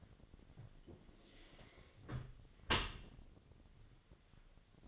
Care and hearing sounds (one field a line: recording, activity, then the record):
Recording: daily activity, microphone in the room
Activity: close dishwasher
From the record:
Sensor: 4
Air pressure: 1007.6 hPa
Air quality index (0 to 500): 202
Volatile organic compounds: 7 ppm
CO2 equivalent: 2010 ppm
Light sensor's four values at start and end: 22/70/27/26 and 23/72/27/26